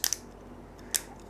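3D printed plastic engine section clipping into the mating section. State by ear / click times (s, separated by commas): seated / 0.0 s, 0.1 s, 1.0 s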